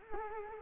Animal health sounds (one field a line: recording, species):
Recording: mosquito wingbeat signal from an infrared sensor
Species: Culex quinquefasciatus